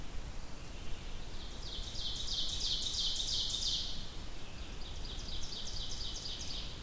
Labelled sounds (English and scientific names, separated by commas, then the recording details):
Ovenbird (Seiurus aurocapilla) song
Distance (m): 65 m
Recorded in boreal forest in Alberta, Canada, on 2 June 2016 at 08:52
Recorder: SongMeter 3, array SBT-3-7
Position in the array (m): -15 m, 73 m
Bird 7